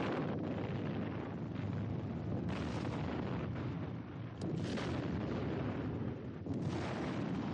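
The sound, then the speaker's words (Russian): Barrels of gunpowder, set off by burning fuses, explode in the Kremlin: the explosions merge into a continuous, heavy roaring rumble, with a few sharper bursts swelling out of the steady thunder. No voices are heard. “Огонь по фитилям бежит к бочкам с порохом. Взрывы в Кремле.”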